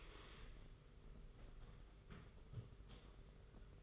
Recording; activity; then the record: daily activity, microphone in the room; stand up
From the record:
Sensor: 4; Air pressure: 991.4 hPa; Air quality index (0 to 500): 139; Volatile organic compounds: 60 ppm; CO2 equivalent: 3412 ppm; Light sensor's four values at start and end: 23/76/28/29 and 23/76/28/29